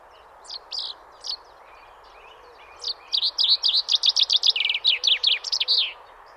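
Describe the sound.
Common chaffinch: a few scattered high notes, then a brisk song of repeated notes ending in a flourish, lasting about three seconds.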